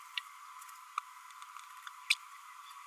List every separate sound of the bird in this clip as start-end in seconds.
2.10-2.15